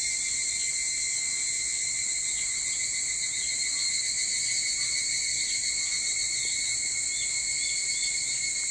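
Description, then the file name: Evening cicada chorus, a dense high-pitched ringing buzz that never pauses and stays steady in volume from start to finish. Recorded 22 July 2023 at 04:40. "higurashi 230722 0440"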